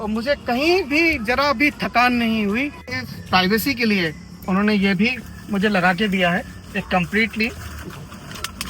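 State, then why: Seated. Someone talks in the cab of a two-side expandable camper van built on a Tata Yodha, then closes the privacy partition between the cabin and the living area. Sharp clicks at 8.5 and 8.6 seconds mark the latch locking it completely.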